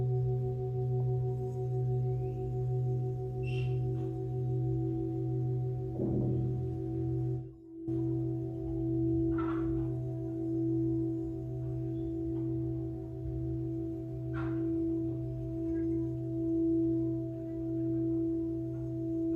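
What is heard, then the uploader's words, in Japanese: A singing bowl rings on in a long, steady, humming drone, with a low hum and a clear higher tone holding throughout. Short bright taps or chimes appear around 4, 6, 9.5 and 14.5 seconds, and the sound briefly drops out near 7.5 seconds. メキシコから シンギングボウルのサウンドヒーリング ライブ。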